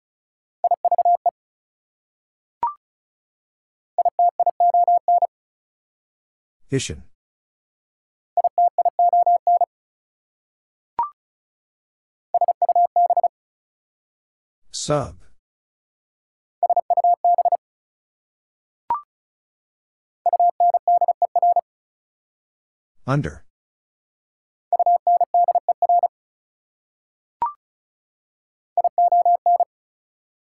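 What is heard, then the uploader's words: Morse code sent as a steady mid-pitched beep, keyed in short rapid groups about a second long that recur every few seconds with silence between. Three sharp crackling bursts land near 7, 15 and 23 seconds, and brief higher blips occasionally punctuate the gaps. First, it is sent in Morse code. Then it is spoken.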